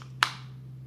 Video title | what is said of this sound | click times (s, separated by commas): How to install the WR8 Flux Gear Housing | and yeah, this one just snaps back into place. Really | 0.2 s